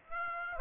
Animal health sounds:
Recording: mosquito wingbeat signal from an infrared sensor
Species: Aedes aegypti

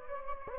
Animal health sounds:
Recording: mosquito wingbeat signal from an infrared sensor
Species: Anopheles gambiae

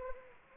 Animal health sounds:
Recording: mosquito wingbeat signal from an infrared sensor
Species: Anopheles arabiensis

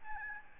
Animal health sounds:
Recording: mosquito wingbeat signal from an infrared sensor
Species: Aedes albopictus

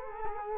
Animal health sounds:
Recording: mosquito wingbeat signal from an infrared sensor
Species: Culex quinquefasciatus

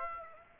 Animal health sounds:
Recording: mosquito wingbeat signal from an infrared sensor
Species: Aedes aegypti

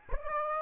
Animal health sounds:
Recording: mosquito wingbeat signal from an infrared sensor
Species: Aedes aegypti

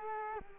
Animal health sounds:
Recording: mosquito wingbeat signal from an infrared sensor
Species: Culex quinquefasciatus

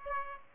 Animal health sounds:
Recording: mosquito wingbeat signal from an infrared sensor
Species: Aedes aegypti

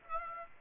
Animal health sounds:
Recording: mosquito wingbeat signal from an infrared sensor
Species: Aedes aegypti

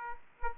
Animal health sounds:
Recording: mosquito wingbeat signal from an infrared sensor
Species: Aedes aegypti

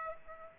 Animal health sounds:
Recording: mosquito wingbeat signal from an infrared sensor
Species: Aedes aegypti

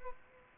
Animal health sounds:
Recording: mosquito wingbeat signal from an infrared sensor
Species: Culex quinquefasciatus

